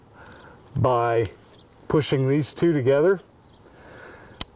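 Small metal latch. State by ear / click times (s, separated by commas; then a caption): released / 4.4 s. The quick-release locking mechanism on top of a camera tripod is pushed together and opened to accept the pan-tilt head while someone talks. After the talking stops, a single sharp, brief click is heard at 4.4 s as the lock releases open.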